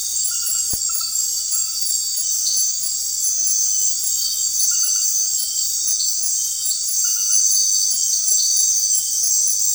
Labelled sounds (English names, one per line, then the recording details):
none
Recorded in secondary vegetation near Puerto Asís, Putumayo, Colombia, on 19 March 2025 at 20:30
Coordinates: 0.499, -76.323
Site G094